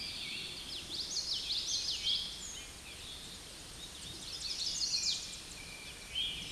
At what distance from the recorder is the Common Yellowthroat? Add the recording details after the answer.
about 25 m. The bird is about 5 m above the microphone. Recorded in a Pennsylvania forest on 16 May 2024 at 07:19. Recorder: AudioMoth, point MSD-2453. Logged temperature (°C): 16.3 °C. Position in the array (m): 236 m, 161 m